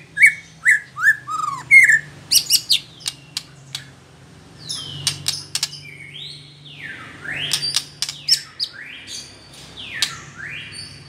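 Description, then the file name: White-rumped shama song: falling whistled notes and crisp clicks, then long, swooping whistles that rise and fall over a faint low hum. Female. "murai batu betina"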